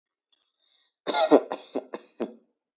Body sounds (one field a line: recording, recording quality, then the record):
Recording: shallow voluntary cough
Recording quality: excellent, no background noise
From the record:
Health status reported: healthy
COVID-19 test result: not tested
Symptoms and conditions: none ticked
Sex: male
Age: 26 years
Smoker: not ticked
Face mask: not worn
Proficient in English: yes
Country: Canada